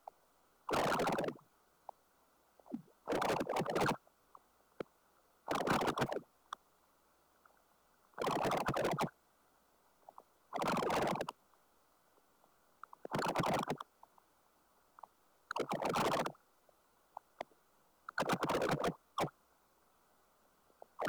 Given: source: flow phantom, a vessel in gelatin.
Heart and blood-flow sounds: Doppler ultrasound of air bubbles in flowing water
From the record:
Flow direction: towards the transducer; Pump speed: 250 rpm (900 mL/min); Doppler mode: pulsed wave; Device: 7 MHz transducer

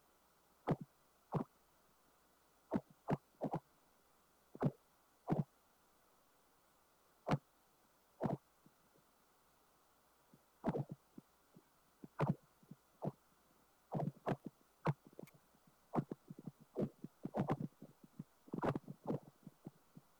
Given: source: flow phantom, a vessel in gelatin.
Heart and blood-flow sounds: Doppler ultrasound of air bubbles in flowing water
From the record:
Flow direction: perpendicular to the transducer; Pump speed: changing at random every second, 150 to 250 rpm (540 to 900 mL/min); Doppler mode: pulsed wave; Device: 7 MHz transducer

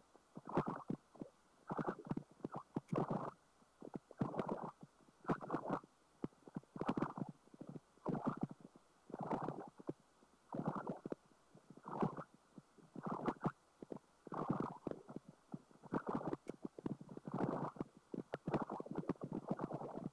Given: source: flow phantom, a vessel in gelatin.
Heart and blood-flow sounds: Doppler ultrasound of air bubbles in flowing water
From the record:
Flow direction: perpendicular to the transducer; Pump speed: 250 rpm (900 mL/min); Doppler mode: pulsed wave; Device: 7 MHz transducer

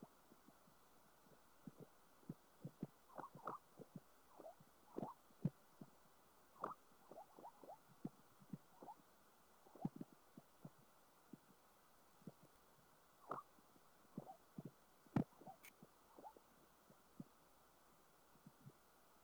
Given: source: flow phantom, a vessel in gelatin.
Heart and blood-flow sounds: Doppler ultrasound of air bubbles in flowing water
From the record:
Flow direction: perpendicular to the transducer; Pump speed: 150 rpm (540 mL/min); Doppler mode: pulsed wave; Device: 7 MHz transducer

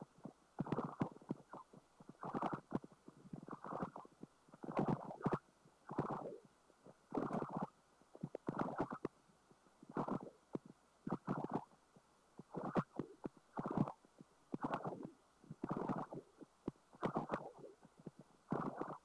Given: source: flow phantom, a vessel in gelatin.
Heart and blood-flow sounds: Doppler ultrasound of air bubbles in flowing water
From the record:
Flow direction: perpendicular to the transducer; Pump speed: 250 rpm (900 mL/min); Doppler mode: pulsed wave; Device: 7 MHz transducer

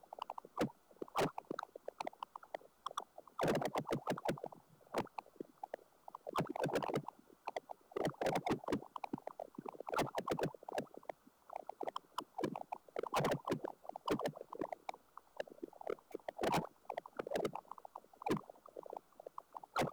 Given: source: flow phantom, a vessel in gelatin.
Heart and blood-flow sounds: Doppler ultrasound of air bubbles in flowing water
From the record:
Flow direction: towards the transducer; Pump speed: 200 rpm (720 mL/min); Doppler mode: pulsed wave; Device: 7 MHz transducer

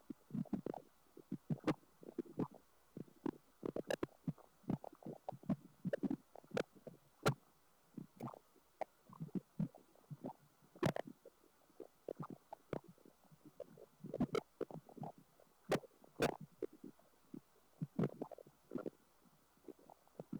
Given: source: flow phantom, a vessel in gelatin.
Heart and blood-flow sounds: Doppler ultrasound of air bubbles in flowing water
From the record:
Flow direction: away from the transducer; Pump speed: changing at random every second, 150 to 250 rpm (540 to 900 mL/min); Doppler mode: pulsed wave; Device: 7 MHz transducer

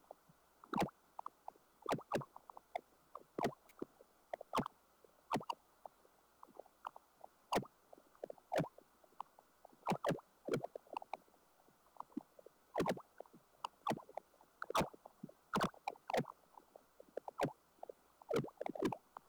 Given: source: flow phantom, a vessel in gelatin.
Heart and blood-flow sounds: Doppler ultrasound of air bubbles in flowing water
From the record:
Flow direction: towards the transducer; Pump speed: changing at random every second, 150 to 250 rpm (540 to 900 mL/min); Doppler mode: pulsed wave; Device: 7 MHz transducer

